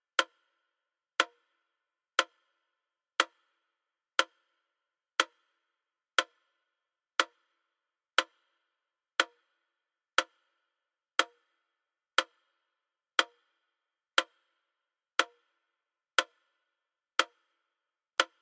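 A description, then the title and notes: A metronome ticks at a steady 60 beats per minute, one sharp click each second with perfectly even spacing. Each tick is crisp and bright with a quick decay, in complete silence between beats. Tonights sleep soundtrack is the steady tick-tock of a metronome set at a soothing 60 beats per minute. Metronome at 60 BPM.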